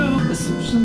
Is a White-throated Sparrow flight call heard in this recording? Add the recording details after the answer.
no. No flight call is heard. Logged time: 01:45 on 4 September 2014